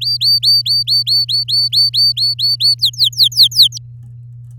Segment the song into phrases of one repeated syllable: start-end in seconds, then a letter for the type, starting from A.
0.01-2.75 A, 2.78-3.78 B